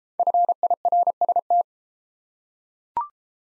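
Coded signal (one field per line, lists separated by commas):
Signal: Morse code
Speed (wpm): 28 wpm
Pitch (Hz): 700 Hz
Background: none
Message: FIRST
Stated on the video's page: Morse practice of the top 100 words, starting fast and slowing to a 22 wpm base; top speed 1.5 times base, final repeat sent at maximum speed.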